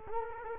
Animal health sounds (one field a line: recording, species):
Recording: mosquito wingbeat signal from an infrared sensor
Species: Culex quinquefasciatus